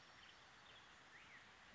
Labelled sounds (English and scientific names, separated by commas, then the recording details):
Black-headed Grosbeak (Pheucticus melanocephalus)
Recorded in Sonoma County, California